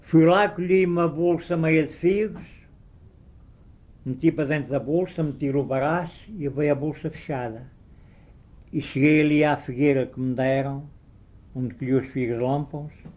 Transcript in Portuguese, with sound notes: Fui lá, colhi uma bolsa meia de figos, [pausa] meti para dentro da bolsa, meti-lhe o baraço e veio a bolsa fechada. [pausa] E cheguei ali à figueira que me deram, onde colhi os figos-lampãos,